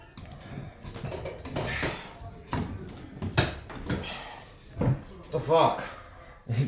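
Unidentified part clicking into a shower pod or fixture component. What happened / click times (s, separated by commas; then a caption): The part clicked into place / 3.4 s. During a shower pod repair, a part being fitted clicks into place at 3.4 s and then sticks and won't come back out. Someone talks throughout, and there are other knocks and handling sounds around it. The result is that the part is seated and stuck.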